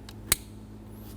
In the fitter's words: push into you hear a click